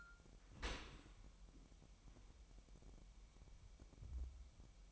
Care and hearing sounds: daily activity, microphone in the room; open dishwasher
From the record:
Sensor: 1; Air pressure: 998.2 hPa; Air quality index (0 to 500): 140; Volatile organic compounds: 4 ppm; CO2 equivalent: 1676 ppm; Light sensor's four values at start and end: 16/54/21/22 and 16/54/21/22

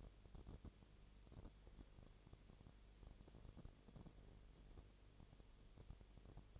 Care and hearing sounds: daily activity, microphone in the room; no activity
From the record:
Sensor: 4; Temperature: 22.7 degrees Celsius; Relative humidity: 32.0%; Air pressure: 1008.1 hPa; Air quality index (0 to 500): 113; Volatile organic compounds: 2 ppm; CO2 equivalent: 1100 ppm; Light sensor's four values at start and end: 2/3/1/1 and 2/3/1/1

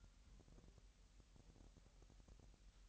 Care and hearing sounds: daily activity, microphone in the room; take from stove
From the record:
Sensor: 3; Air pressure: 1001.9 hPa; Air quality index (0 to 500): 244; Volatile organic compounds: 46 ppm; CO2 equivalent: 3245 ppm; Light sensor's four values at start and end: 6/15/6/6 and 6/15/6/6

